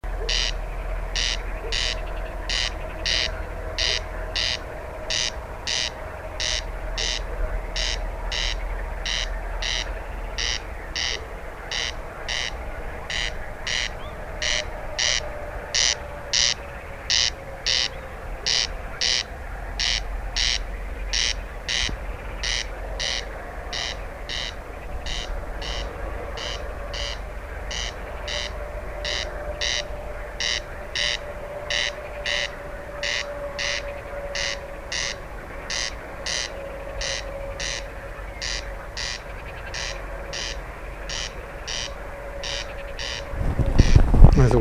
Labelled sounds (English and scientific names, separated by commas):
Corn Crake (Crex crex)